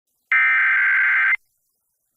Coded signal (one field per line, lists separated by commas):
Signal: Emergency Alert System (SAME) tones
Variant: header bursts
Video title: EAS caught on audio